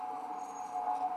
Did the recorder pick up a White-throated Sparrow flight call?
no